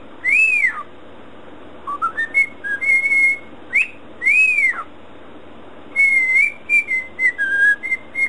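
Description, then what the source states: Cockatiel gives loud arched swooping whistles, rising slurs and strings of level whistled notes. Whistling (siulan).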